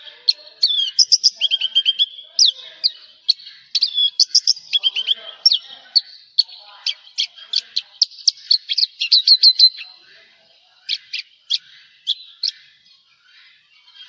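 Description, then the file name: Javan bush lark singing a long, varied high-pitched stream of quick chirps, trills and slurred notes, slowing near the end into spaced single chips. "suara burung branjangan jawa"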